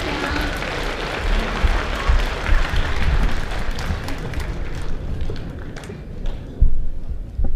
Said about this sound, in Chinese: 咱们掌声有请著名相声表演艺术家李金斗老师和他的高徒